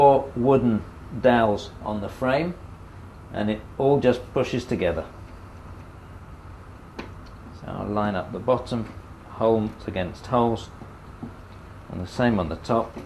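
Someone talks while handling a cabinet panel for a Red Sea MAX S-650 reef aquarium system, lining up its bottom holes, and then its top, with the wooden dowels on the frame before pushing it home. Only light handling sounds are heard between the talking, and nothing has seated or clicked yet.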